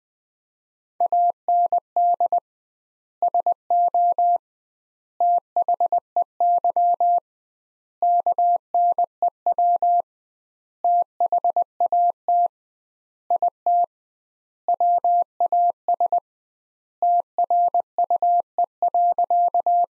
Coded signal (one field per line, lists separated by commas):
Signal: Morse code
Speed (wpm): 20 wpm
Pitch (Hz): 700 Hz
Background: none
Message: AND SO THEY KNEW THAT IT WAS TRUE.